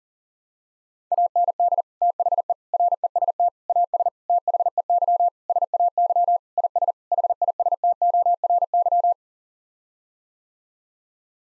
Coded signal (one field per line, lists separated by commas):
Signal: Morse code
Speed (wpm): 37 wpm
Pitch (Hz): 700 Hz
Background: none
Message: AND THE REST AS THEY SAY IS HISTORY